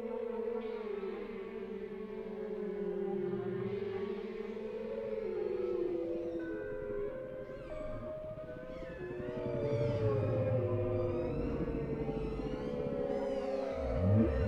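Whale song mixing long sustained moans with upsweeping whistles and brief higher squeaks, over a constant low rumble.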